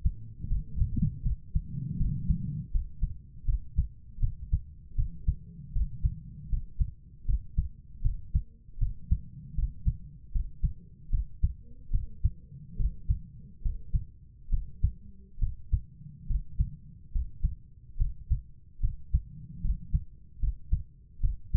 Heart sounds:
heart sounds by stethoscope; 75 bpm
0.47 s: heartbeat
1.22 s: heartbeat
1.96 s: heartbeat
2.71 s: heartbeat
3.45 s: heartbeat
4.19 s: heartbeat
4.95 s: heartbeat
5.72 s: heartbeat
6.49 s: heartbeat
7.25 s: heartbeat
8.01 s: heartbeat
8.78 s: heartbeat
9.54 s: heartbeat
10.31 s: heartbeat
11.09 s: heartbeat
11.90 s: heartbeat
12.76 s: heartbeat
13.61 s: heartbeat
14.49 s: heartbeat
15.38 s: heartbeat
16.26 s: heartbeat
17.11 s: heartbeat
17.97 s: heartbeat
18.80 s: heartbeat
19.61 s: heartbeat
20.39 s: heartbeat
21.20 s: heartbeat
From the record:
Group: healthy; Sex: female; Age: 32 years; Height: 172 cm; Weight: 71.7 kg

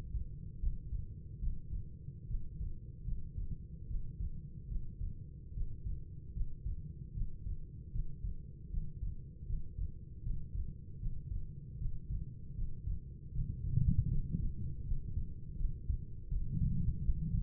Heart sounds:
heart sounds by stethoscope; 77 bpm
0.58 s: heartbeat
1.39 s: heartbeat
2.26 s: heartbeat
3.04 s: heartbeat
3.86 s: heartbeat
4.67 s: heartbeat
5.53 s: heartbeat
6.32 s: heartbeat
7.13 s: heartbeat
7.91 s: heartbeat
8.69 s: heartbeat
9.45 s: heartbeat
10.22 s: heartbeat
10.98 s: heartbeat
11.77 s: heartbeat
12.54 s: heartbeat
13.31 s: heartbeat
14.07 s: heartbeat
14.83 s: heartbeat
15.56 s: heartbeat
16.27 s: heartbeat
17.00 s: heartbeat
From the record:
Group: healthy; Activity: Valsalva maneuver 0-14 s, rest 14-17 s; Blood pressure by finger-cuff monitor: 95/55 mmHg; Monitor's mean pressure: 68 mmHg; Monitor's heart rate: 77 bpm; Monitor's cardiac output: 6.2 L/min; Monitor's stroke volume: 81 mL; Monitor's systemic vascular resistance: 780 dyn s/cm5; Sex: female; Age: 26 years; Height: 165 cm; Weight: 55 kg

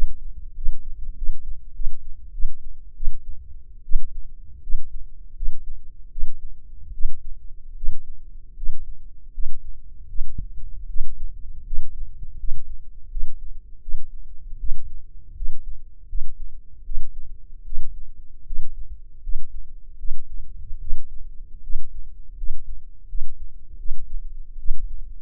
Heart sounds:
heart sounds by microphone in the left ear; 80 bpm
0.54 s: heartbeat
1.15 s: heartbeat
1.73 s: heartbeat
2.32 s: heartbeat
2.94 s: heartbeat
3.83 s: heartbeat
4.61 s: heartbeat
5.35 s: heartbeat
6.10 s: heartbeat
6.92 s: heartbeat
7.75 s: heartbeat
8.55 s: heartbeat
9.32 s: heartbeat
10.07 s: heartbeat
10.87 s: heartbeat
11.64 s: heartbeat
12.37 s: heartbeat
13.09 s: heartbeat
13.80 s: heartbeat
14.58 s: heartbeat
15.34 s: heartbeat
16.07 s: heartbeat
16.83 s: heartbeat
17.64 s: heartbeat
18.44 s: heartbeat
19.21 s: heartbeat
19.97 s: heartbeat
20.79 s: heartbeat
21.61 s: heartbeat
22.35 s: heartbeat
23.07 s: heartbeat
23.77 s: heartbeat
24.57 s: heartbeat
From the record:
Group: healthy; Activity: rest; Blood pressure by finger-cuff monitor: 133/75 mmHg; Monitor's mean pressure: 97 mmHg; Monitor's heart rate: 77 bpm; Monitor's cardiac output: 7.5 L/min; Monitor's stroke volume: 95 mL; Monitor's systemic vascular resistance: 960 dyn s/cm5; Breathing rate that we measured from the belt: 18 breaths a minute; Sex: male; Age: 21 years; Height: 180 cm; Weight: 67.5 kg

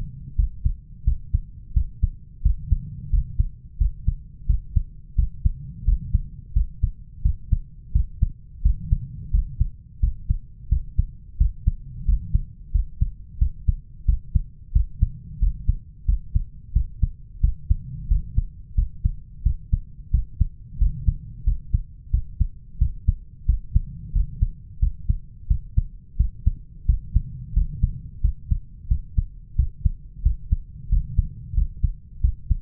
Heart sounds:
heart sounds by stethoscope; 89 bpm
0.38 s: heartbeat
1.06 s: heartbeat
1.76 s: heartbeat
2.45 s: heartbeat
3.12 s: heartbeat
3.80 s: heartbeat
4.49 s: heartbeat
5.18 s: heartbeat
5.87 s: heartbeat
6.56 s: heartbeat
7.24 s: heartbeat
7.95 s: heartbeat
8.65 s: heartbeat
9.33 s: heartbeat
10.02 s: heartbeat
10.71 s: heartbeat
11.40 s: heartbeat
12.07 s: heartbeat
12.74 s: heartbeat
13.41 s: heartbeat
14.08 s: heartbeat
14.75 s: heartbeat
15.41 s: heartbeat
16.08 s: heartbeat
16.75 s: heartbeat
17.43 s: heartbeat
18.10 s: heartbeat
18.77 s: heartbeat
19.45 s: heartbeat
20.13 s: heartbeat
20.80 s: heartbeat
21.46 s: heartbeat
22.13 s: heartbeat
22.80 s: heartbeat
23.48 s: heartbeat
24.15 s: heartbeat
24.82 s: heartbeat
25.50 s: heartbeat
26.19 s: heartbeat
26.88 s: heartbeat
27.56 s: heartbeat
28.23 s: heartbeat
28.90 s: heartbeat
29.58 s: heartbeat
30.25 s: heartbeat
30.91 s: heartbeat
31.56 s: heartbeat
32.23 s: heartbeat
From the record:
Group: healthy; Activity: rest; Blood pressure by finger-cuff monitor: 131/80 mmHg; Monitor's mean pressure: 98 mmHg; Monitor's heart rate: 88 bpm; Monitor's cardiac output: 7.5 L/min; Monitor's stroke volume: 86 mL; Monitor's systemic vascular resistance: 960 dyn s/cm5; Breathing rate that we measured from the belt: 19 breaths a minute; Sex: male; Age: 21 years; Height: 175 cm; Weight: 72.6 kg

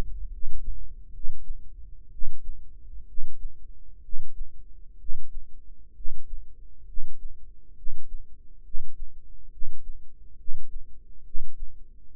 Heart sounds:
heart sounds by microphone in the right ear; 66 bpm
0.29 s: heartbeat
1.11 s: heartbeat
2.10 s: heartbeat
3.05 s: heartbeat
4.01 s: heartbeat
4.97 s: heartbeat
5.93 s: heartbeat
6.85 s: heartbeat
7.74 s: heartbeat
8.62 s: heartbeat
9.49 s: heartbeat
10.36 s: heartbeat
11.23 s: heartbeat
12.11 s: heartbeat
From the record:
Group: healthy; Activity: breath hold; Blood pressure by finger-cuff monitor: 120/62 mmHg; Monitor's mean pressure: 80 mmHg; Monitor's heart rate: 66 bpm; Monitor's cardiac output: 7.4 L/min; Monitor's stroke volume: 111 mL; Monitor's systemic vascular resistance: 810 dyn s/cm5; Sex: male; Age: 35 years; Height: 180 cm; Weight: 86.9 kg

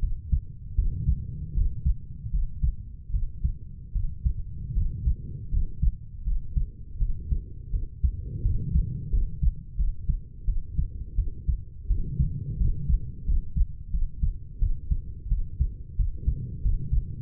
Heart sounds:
heart sounds by stethoscope; 83 bpm
0.76 s: heartbeat
1.54 s: heartbeat
2.31 s: heartbeat
3.11 s: heartbeat
3.93 s: heartbeat
4.74 s: heartbeat
5.50 s: heartbeat
6.24 s: heartbeat
6.98 s: heartbeat
7.71 s: heartbeat
8.42 s: heartbeat
9.10 s: heartbeat
9.76 s: heartbeat
10.45 s: heartbeat
11.16 s: heartbeat
11.87 s: heartbeat
12.58 s: heartbeat
13.25 s: heartbeat
13.91 s: heartbeat
14.59 s: heartbeat
15.29 s: heartbeat
15.96 s: heartbeat
16.62 s: heartbeat
From the record:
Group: healthy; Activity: rest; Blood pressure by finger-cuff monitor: 119/47 mmHg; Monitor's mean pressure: 71 mmHg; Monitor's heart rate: 85 bpm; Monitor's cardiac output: 10.4 L/min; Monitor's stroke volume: 118 mL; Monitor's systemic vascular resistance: 460 dyn s/cm5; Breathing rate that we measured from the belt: 16 breaths a minute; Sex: female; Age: 32 years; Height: 168 cm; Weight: 61.9 kg

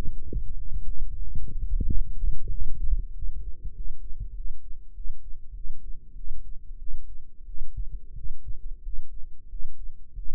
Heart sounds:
heart sounds by microphone in the left ear; 94 bpm
0.56 s: heartbeat
1.19 s: heartbeat
1.85 s: heartbeat
2.50 s: heartbeat
3.13 s: heartbeat
3.74 s: heartbeat
4.34 s: heartbeat
4.94 s: heartbeat
5.54 s: heartbeat
6.14 s: heartbeat
6.78 s: heartbeat
7.45 s: heartbeat
8.14 s: heartbeat
8.82 s: heartbeat
9.48 s: heartbeat
10.15 s: heartbeat
From the record:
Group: healthy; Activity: rest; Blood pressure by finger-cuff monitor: 113/76 mmHg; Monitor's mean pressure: 86 mmHg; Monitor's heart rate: 94 bpm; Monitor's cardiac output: 7.7 L/min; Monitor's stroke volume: 82 mL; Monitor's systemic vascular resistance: 830 dyn s/cm5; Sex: male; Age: 19 years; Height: 178 cm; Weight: 83 kg

